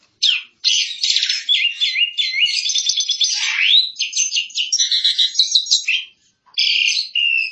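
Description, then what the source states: Asian pied starling delivering a long mixed song of whistled slides, buzzy rattles and squeaky notes, with a brief gap before the final phrases. Song described as full isian, a full song repertoire.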